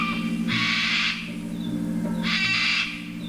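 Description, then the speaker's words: Sulphur-crested Cockatoo screeching: two harsh, raspy screeches a little apart, over a low steady hum. Heard as the sun sets each day in many cities and towns across Australia. "That screech belongs to the sulfur-crested cockatoo, the ones with the yellow mohawk."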